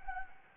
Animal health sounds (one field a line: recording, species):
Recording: mosquito wingbeat signal from an infrared sensor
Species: Anopheles gambiae